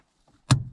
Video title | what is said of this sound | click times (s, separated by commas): 2019 Civic Type R Accessory JDM Shift Knob Installation - My First Mod - Sort Of! | There we go. It snaps right in place and it's all done. | 0.5 s